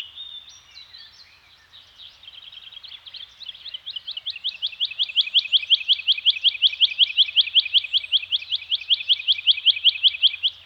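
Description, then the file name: Bird song starting with scattered notes, then a long steady series of rapid repeated notes that gradually grows louder and continues to the end. Birds singing in a Scandinavian forest. "Nature Soundscape - Scandinavian Forest Environment with Birds Singing"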